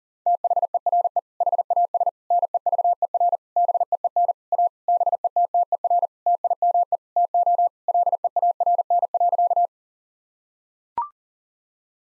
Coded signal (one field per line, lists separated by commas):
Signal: Morse code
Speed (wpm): 40 wpm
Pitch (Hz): 700 Hz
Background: none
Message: THERE HAS NEVER BEEN A BETTER TIME TO LEARN.